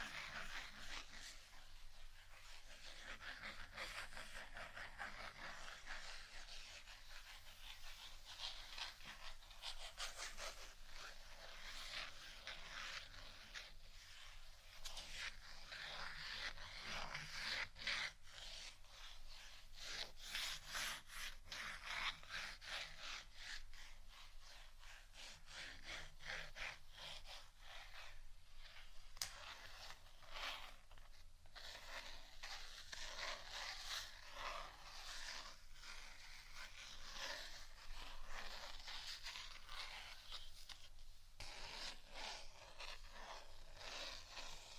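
Continuous scratching runs through the whole 45 seconds, a dense, hissy rasp mostly in the upper-middle and bright range. Its intensity swells and eases irregularly, with short clicks and ticks scattered throughout. Underneath sits a faint, steady low hum.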